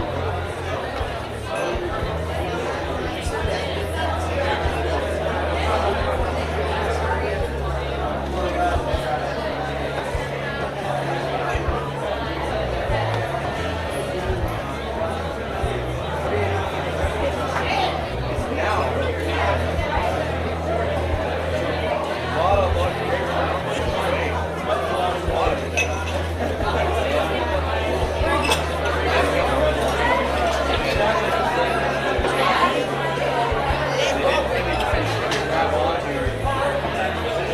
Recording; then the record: background sound without coughing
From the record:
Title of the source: CITY SOUNDS Busy Bar in the Evening Night - 2 HOURS of Ambiance for Relaxation